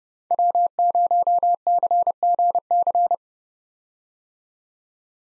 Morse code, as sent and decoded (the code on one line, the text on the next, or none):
.-- ----- -.-. --. -.-.
W0CGC